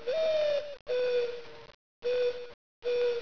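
Owl hooting: four long, steady, low tonal hoots, the first slightly higher and sliding down, separated by abrupt silent gaps.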